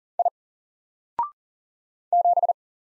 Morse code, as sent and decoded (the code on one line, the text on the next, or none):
.. / --...
I 7